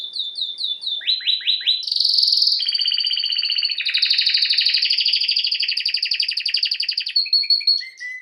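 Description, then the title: Domestic canary song. It opens with quick repeated slurred notes, then moves through long rolling trills and ends on a few falling whistles. Male Belgian canary singing a lot, to warm up young birds. "Esquente Seu Filhote E Canario Belga Macho Cantando Muito"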